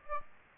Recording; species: mosquito wingbeat signal from an infrared sensor; Aedes aegypti